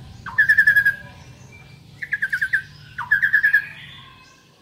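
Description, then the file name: Asian pied starling giving short rattling bursts of harsh, evenly pulsed notes, three runs about one to two seconds apart over a soft low background hum. "suara burung jalak suren gacor"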